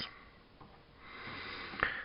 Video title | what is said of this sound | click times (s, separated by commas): G1 Flywheels | and bring it down until it snaps into place | 1.8 s